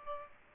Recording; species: mosquito wingbeat signal from an infrared sensor; Aedes aegypti